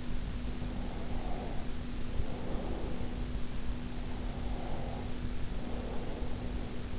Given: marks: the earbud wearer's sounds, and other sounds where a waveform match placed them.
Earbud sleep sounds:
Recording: sounds in sleep by an in-ear microphone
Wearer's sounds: breath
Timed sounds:
0.33-3.35 s: breath
3.84-6.99 s: breath

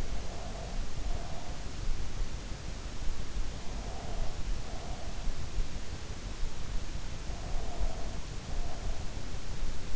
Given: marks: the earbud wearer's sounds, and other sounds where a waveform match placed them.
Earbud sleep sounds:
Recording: sounds in sleep by an in-ear microphone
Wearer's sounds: breath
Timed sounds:
0.00-1.69 s: breath
3.75-5.33 s: breath
7.44-9.06 s: breath

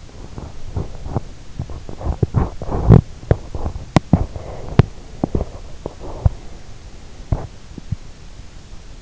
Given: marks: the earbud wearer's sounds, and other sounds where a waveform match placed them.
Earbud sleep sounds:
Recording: sounds in sleep by an in-ear microphone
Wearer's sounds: body movement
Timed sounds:
0.00-8.43 s: body movement

